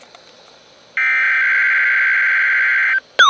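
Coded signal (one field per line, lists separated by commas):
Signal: Emergency Alert System (SAME) tones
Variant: header bursts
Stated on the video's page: Weekly tests from two NOAA Weather Radio offices.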